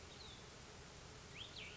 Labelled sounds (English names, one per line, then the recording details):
Cassin's Vireo
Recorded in Sonoma County, California